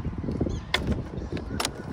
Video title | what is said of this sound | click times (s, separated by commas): How BAD Is The Honda GoldWing ? | on the bottom right there click and it opens | 0.7 s